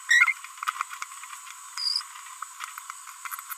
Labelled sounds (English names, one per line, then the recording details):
Green-rumped Parrotlet babbling
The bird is a female
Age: 30 days
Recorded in a nest box in Venezuela
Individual 17B42B3